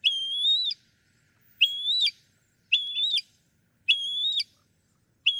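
Northern mockingbird song: a clear whistled phrase, slightly rising with an abrupt end, repeated about once a second.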